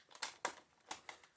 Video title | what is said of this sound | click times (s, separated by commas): Sebo Felix 'Premium - Before and After a FULL REFURB! £100 worth of parts fitted... #manchestervacs | clicks into place like that | 0.2 s, 0.5 s